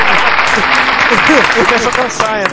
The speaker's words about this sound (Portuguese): Puta que pariu, aplauso.